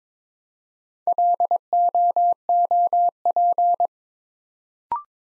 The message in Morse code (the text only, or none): LOOP